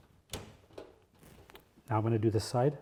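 A U-bend LED tube, laid into a T8/T12 fluorescent U-bend fixture being converted to single-end powered LED, has its pin ends pushed down into the lamp sockets. A sharp snap at 0.3 s marks the pins seating, followed by fainter clicks and taps around 0.8 s and 1.5–1.6 s. Someone then talks from about 1.9 s.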